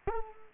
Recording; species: mosquito wingbeat signal from an infrared sensor; Culex quinquefasciatus